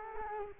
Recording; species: mosquito wingbeat signal from an infrared sensor; Culex quinquefasciatus